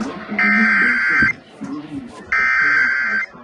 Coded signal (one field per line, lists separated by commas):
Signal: Emergency Alert System (SAME) tones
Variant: header bursts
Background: speech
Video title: A TSTM OR ANBER ALERT... EAS Alerts From 8/21/25 (EAS#4,584 - 4,597)